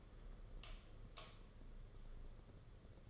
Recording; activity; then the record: daily activity, microphone in the room; light off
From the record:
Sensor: 4